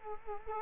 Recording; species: mosquito wingbeat signal from an infrared sensor; Culex quinquefasciatus